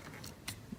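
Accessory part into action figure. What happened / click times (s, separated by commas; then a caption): The part clicked into place / 0.5 s. An accessory part is pushed into a Hot Toys Gladiator Hulk 1:6 scale action figure from Thor: Ragnarok until it clicks into place. A faint tick comes at 0.2 s, then a sharp, bright click at 0.5 s. The part is seated.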